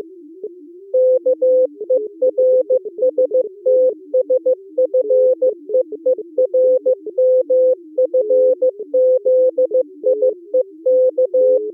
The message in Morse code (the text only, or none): KERSTSFEER MFZIEK